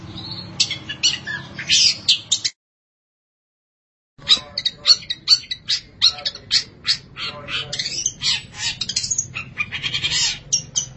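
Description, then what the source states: Long-tailed shrike uttering rasping, scratchy bursts and chatter, broken by a brief silent gap, then resuming in rapid irregular phrases. Dated March 2017 (201703).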